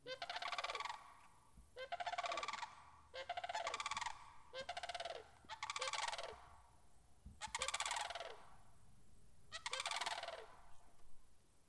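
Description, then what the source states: Sandhill cranes calling: loud, rolling, rattling bugles, each about a second long and repeated roughly every second or two. Several cranes calling.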